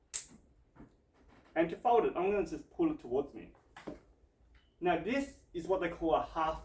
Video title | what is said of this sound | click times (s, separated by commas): Cybex Priam 2022 - Full Product Review - Features and How to Fold | now you can see there's a two little black buttons down here i'm just going to push it in here click | 0.2 s